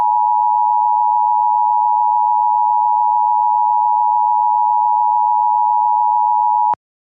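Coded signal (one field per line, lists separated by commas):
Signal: Emergency Alert System (SAME) tones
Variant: 853 and 960 Hz attention tone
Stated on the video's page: Mock severe thunderstorm warning for Georgia counties; not a real alert.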